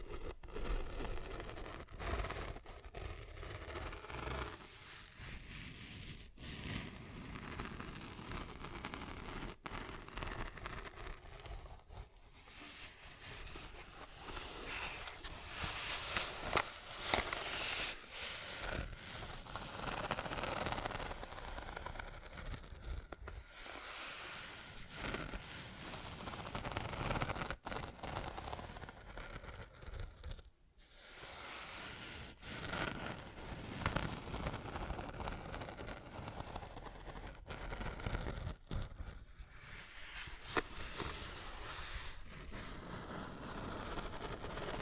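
Tapping, scratching and zipper sounds run nearly without pause, a dense rustling, scraping texture that fills the whole range from low to bright. Sharp clicks and brief near-silent gaps break it up, notably around 31 and 38 seconds, while the level stays fairly even throughout.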